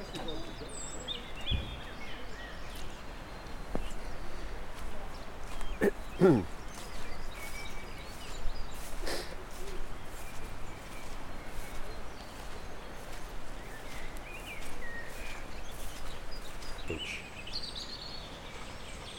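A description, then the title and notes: Spring birdsong outdoors, faint and distant, with scattered high chirps drifting over a steady rustling background. Short clicks and knocks come at intervals, with a sharper cluster of sounds around six seconds. A low murmur, possibly far-off voices, runs underneath throughout. Spring birdsong at Llanthony Priory. We're outside the ruins of Llanthony Priory with the ridges of the Black Mountains of Wales rising on either flank. Robins and song thrushes are singing lustily. Recorded by Fergus Collins.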